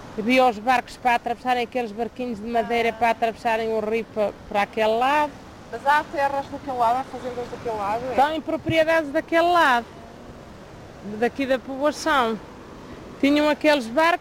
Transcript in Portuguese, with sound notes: Havia os barcos para atravessarem – aqueles barquinhos de madeira para atravessarem o rio para o para aquele lado.
Mas há terras daquele lado? Há fazendas daquele lado, é?
Tem propriedades daquele lado, [pausa] daqui da povoação. Tinham aqueles barcos.